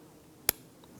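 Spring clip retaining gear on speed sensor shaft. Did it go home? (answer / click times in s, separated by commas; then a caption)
yes / 0.5 s. A retaining spring clip on the shaft of a vehicle speed sensor for a 1992–1996 Toyota Camry 2.2L L4 snaps into place as the shaft is pulled out slightly with its gear. A single sharp, bright click at 0.5 s stands out against quiet background noise, followed by a faint tick at 0.8 s. The clip is seated on the shaft, locking the gear in place.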